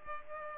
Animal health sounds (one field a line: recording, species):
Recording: mosquito wingbeat signal from an infrared sensor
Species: Culex pipiens